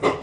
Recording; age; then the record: pig call; growing-finishing pig (85 days or more)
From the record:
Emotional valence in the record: positive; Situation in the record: run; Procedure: transit